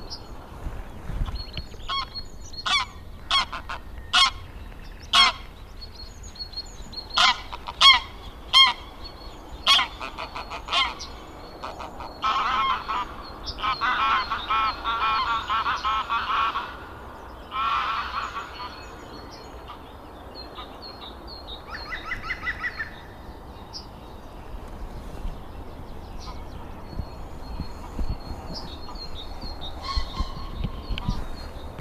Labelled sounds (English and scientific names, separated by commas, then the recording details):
Yellowhammer (Emberiza citrinella) call
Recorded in the wild
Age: adult
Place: Hobrechtsfelder Rieselfelder, Naturpark Barnim, Berlin, DE
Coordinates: 52.667, 13.4703
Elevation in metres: 60
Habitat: decidous forest
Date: 2014-04-19
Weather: cloudy, almost windless, 5°C
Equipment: Sound Devices 702, Sennheiser MKH 70, Rycote Windschutz
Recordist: Frommolt, Karl-Heinz